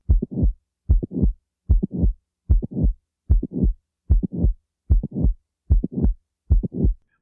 Mitral valve prolapse, as in the case of Ehlers-Danlos syndrome. A mid-systolic click with a crescendo murmur, or murmur with increasing intensity.